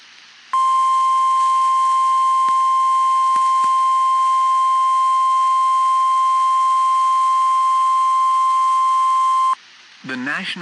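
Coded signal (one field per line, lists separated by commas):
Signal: Emergency Alert System (SAME) tones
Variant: 1050 Hz attention tone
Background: speech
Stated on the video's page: Severe thunderstorm warning from the National Weather Service in Grand Forks, heard on NOAA Weather Radio station in Park Rapids, Minnesota.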